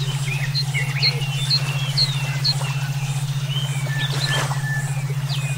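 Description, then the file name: Songbirds give repeated short whistled chirps at fairly even intervals, accompanied by a steady pulsing low hum. Brainwave therapy for training songbirds (omkicau). "terapi brainwave omkicau"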